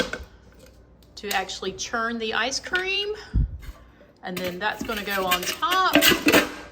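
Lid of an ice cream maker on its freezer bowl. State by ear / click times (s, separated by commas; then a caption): not seated / none. Someone talks while handling the lid with the churning paddle, which goes on top of an ice cream maker's freezer bowl. A few faint short taps are heard under the talk. Nothing has seated or clicked yet, and the lid is not locked in place.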